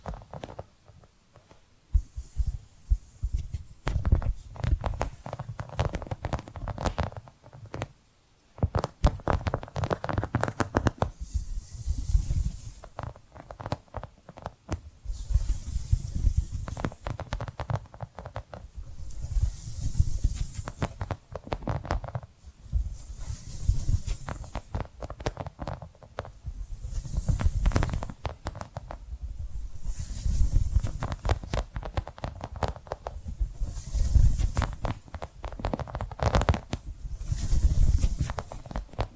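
Tapping and scratching run on without pause, a dense stream of quick taps over a low, thumping rumble. Brighter, hissing scratches surge up every few seconds, and there is one brief near-silence around eight seconds.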